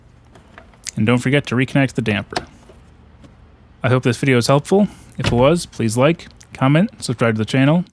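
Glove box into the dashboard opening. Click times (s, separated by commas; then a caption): 0.6 s. A plastic glove box on a 2019-2025 Subaru Forester is hooked back onto its hinges and pushed up into the dashboard opening. A few small hits at 0.4 s, 0.6 s and 0.7 s come as it pops into place, the strongest at 0.6 s, and it is seated. Then someone talks.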